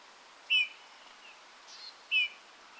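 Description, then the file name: Eurasian bullfinch calls: two clear, mellow falling whistles about one and a half seconds apart, with a few fainter notes between them. "Pyrrhula pyrrhula"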